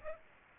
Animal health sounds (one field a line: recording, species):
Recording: mosquito wingbeat signal from an infrared sensor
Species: Aedes aegypti